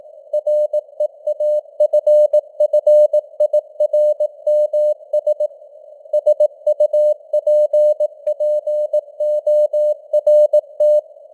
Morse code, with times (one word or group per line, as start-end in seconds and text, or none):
0.3-5.5 REAFFIRMS
6.1-11.0 SUPPORT